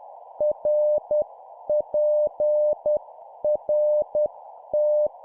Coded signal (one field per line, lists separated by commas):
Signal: Morse code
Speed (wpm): 10 wpm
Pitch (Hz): 600 Hz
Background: none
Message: RPRT